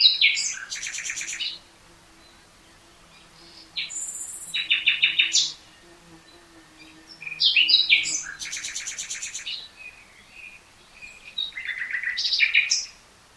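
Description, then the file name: Common nightingale song: several separate phrases, each mixing sharp chirps with bursts of rapid, rattling, buzzy notes, with short silences between. "Luscinia megarhynchos"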